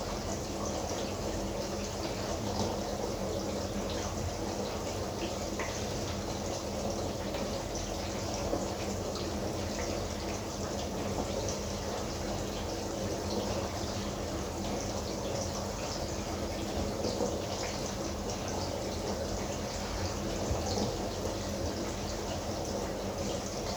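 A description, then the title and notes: A dishwasher runs steadily, its water hissing and splashing in a dense, even wash with no pauses. A low hum sits underneath throughout, and the level holds constant across the whole stretch. Dishwasher.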